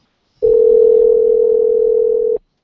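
signal or alarm, telephone dial tone

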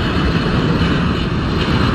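vehicle, airplane engine

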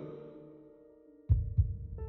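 sound effect, heartbeat pounding

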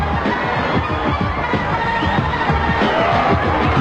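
crowd, crowd cheering and applauding

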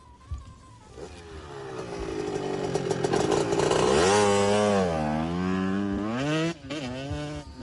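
vehicle, motorcycle engine revving

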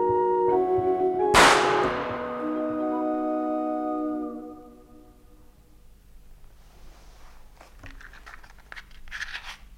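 sound effect, gunshot

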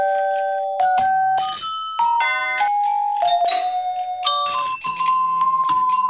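household object, doorbell ringing

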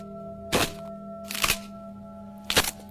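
nature, tree branch snapping

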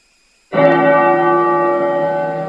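signal or alarm, temple bell ringing

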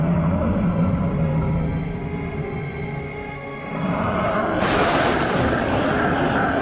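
sound effect, loud explosion boom

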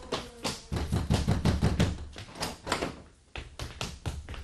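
household object, knocking on a door

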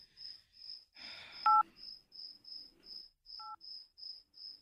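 signal or alarm, mobile phone dialing tones

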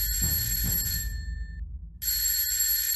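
signal or alarm, alarm clock bell ringing

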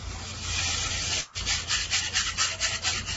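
rain stick being played

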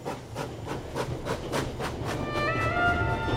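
vehicle, train running on rails

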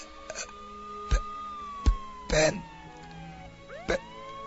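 vehicle, ambulance siren approaching

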